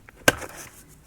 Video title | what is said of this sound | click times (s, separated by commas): JAGUAR X-TYPE 2.0L Diesel EGR & INLET-MANIFOLD | and the airflow sensor clicking into place | 0.3 s